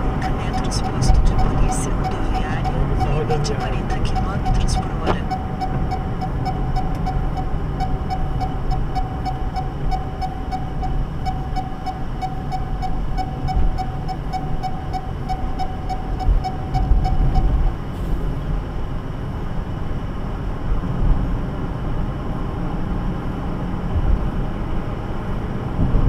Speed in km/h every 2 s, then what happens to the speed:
73, 65, 60, 55, 51, 50, 52, 53, 56, 60, 62, 66, 69.
0-9 slows to 50. 9-26 speeds up to 69.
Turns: none.